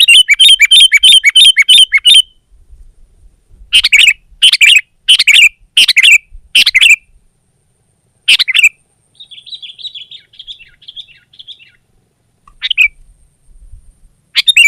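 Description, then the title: Sooty-headed bulbul chattering song, a fast repeated phrase, then separate chirpy bursts and a thin wavering trill. "kutilang"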